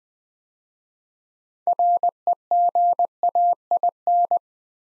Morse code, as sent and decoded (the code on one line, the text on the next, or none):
.-. . --. .- .. -.
REGAIN